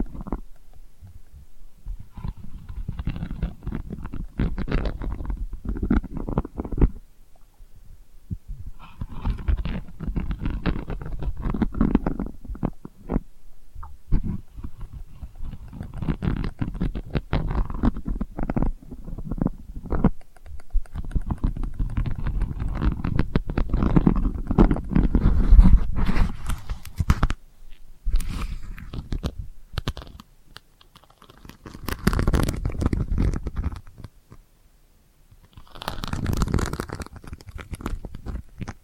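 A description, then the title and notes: Delicate scratching comes in soft, dense bursts with brief quiet gaps, mostly low and muffled with crisp, bright edges throughout. ASMR Delicate Scratching for Sleep (No Talking).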